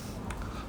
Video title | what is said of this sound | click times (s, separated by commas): Best Baby Cycle for Toddlers 🚲 Jam & Honey Cycle Review Kiki’s Love | वो click का आवाज़ आएगी आपको, आप इसको आराम से | 0.3 s